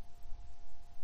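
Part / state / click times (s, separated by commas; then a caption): cannon pinion onto the center post of a watch movement / not seated / none. A lubricated metal cannon pinion is being pressed onto the center post of a watch movement. Only quiet, low background noise with a steady faint tone near 700 Hz is heard, with no distinct hits. The part has not snapped into place yet; nothing has seated or clicked.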